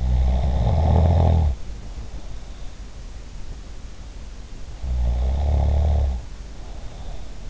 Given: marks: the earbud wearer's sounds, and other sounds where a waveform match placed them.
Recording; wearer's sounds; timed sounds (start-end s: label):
sounds in sleep by an in-ear microphone; snoring breath
0.00-2.42 s: snoring breath
4.51-7.40 s: snoring breath